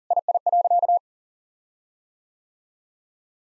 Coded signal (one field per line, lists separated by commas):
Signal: Morse code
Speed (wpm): 40 wpm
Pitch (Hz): 700 Hz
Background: none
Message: II.